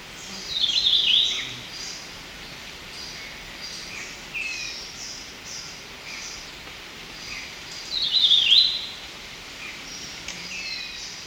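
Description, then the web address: Rufous-naped greenlet giving two short, bright warbled phrases about seven seconds apart, with faint thin chips between them over a steady background hiss. Ecuador. "Birds of Ecuador. Rufous-naped Greenlet"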